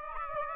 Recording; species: mosquito wingbeat signal from an infrared sensor; Aedes aegypti